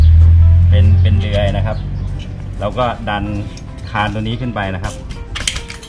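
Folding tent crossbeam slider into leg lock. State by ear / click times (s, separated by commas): seated / 5.5 s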